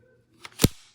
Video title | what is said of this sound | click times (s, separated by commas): Shark Navigator Lift Away Professional Vacuum | It's got positive click. | 0.6 s